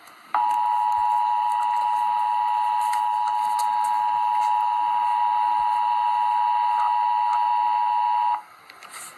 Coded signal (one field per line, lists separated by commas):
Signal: Emergency Alert System (SAME) tones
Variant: 853 and 960 Hz attention tone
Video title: Emergency Alert System - Flash Flood Warning - Jul 6, 2025 at 1:12 PM EDT